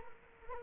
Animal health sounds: mosquito wingbeat signal from an infrared sensor; Culex quinquefasciatus

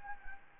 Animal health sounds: mosquito wingbeat signal from an infrared sensor; Anopheles gambiae

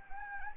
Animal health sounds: mosquito wingbeat signal from an infrared sensor; Anopheles gambiae

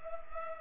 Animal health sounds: mosquito wingbeat signal from an infrared sensor; Culex pipiens

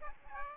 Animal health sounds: mosquito wingbeat signal from an infrared sensor; Aedes aegypti

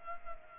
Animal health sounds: mosquito wingbeat signal from an infrared sensor; Culex pipiens

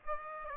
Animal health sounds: mosquito wingbeat signal from an infrared sensor; Aedes aegypti

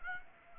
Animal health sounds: mosquito wingbeat signal from an infrared sensor; Aedes aegypti

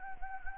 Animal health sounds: mosquito wingbeat signal from an infrared sensor; Anopheles gambiae

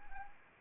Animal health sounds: mosquito wingbeat signal from an infrared sensor; Anopheles arabiensis

